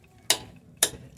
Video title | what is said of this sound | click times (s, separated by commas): Honda Civic (8th Gen / 2007) front axle replacement, comprehensive / tricks and tips to make it easy | hard to achieve so give it a couple clicks make sure you get a good solid click and move on to the other one | 0.3 s, 0.8 s